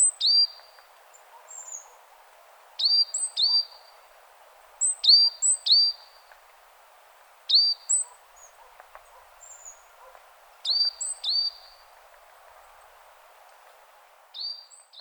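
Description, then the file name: Great tit calls, thin high whistled notes, each a very high note dropping to a lower one, given in short bursts every few seconds over a low background hiss. "Parus major"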